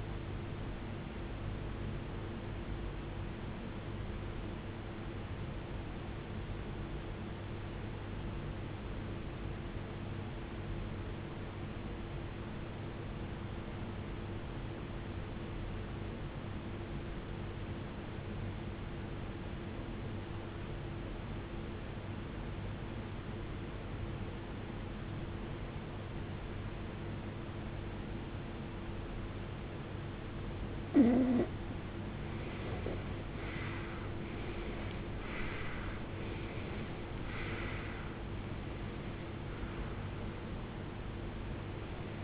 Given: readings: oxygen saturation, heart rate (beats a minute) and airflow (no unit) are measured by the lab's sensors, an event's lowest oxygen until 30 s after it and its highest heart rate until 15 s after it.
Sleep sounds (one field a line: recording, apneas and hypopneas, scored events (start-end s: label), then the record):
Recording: breathing in sleep by a voice recorder at the bedside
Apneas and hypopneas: 1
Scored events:
4.00-33.90 s: obstructive apnea (REM, oxygen 95% highest, then 81% lowest, heart rate 65 at the start, 79 highest)
27.00-42.24 s: new sleep stage, N1 (lightest sleep)
From the record:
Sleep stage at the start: REM sleep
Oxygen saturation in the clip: 83 to 95%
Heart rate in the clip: 45 to 79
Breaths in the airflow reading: 4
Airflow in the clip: -22.1 to 21.4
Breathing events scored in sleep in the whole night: 389 in 6.3 hours asleep